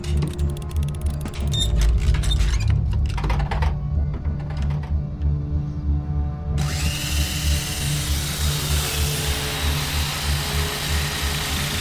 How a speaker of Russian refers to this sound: Крамер прикрепляет аппарат для сверления к дверям хранилища. Проверяет надежность крепления и начинает сверлить.